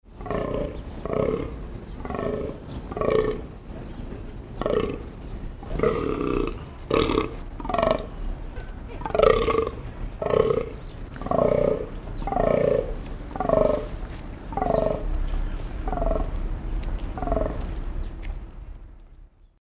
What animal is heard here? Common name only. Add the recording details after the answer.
Fallow Deer. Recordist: Tembrock, Günter. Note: Brunftlaute des Männchens